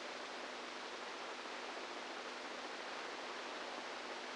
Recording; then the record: brain microelectrode recording played as sound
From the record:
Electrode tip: inside the subthalamic nucleus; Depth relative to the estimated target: -4 mm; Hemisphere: right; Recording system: NeuroSet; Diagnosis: Parkinson's disease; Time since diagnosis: 10 years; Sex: female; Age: 67 years